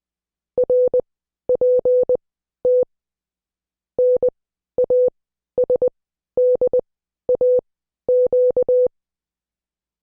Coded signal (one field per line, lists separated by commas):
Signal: Morse code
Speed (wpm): 20 wpm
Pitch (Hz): 500 Hz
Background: none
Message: RPT NASDAQ